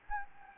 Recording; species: mosquito wingbeat signal from an infrared sensor; Anopheles gambiae